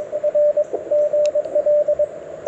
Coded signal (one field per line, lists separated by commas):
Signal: Morse code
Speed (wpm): 22 wpm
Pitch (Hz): 610 Hz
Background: radio noise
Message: R GL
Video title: QRP CW with ATU-10 and PackTenna Random Wire - POTA 8/24/23 @ K-4451